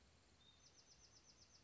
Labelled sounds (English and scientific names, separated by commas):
Bewick's Wren (Thryomanes bewickii)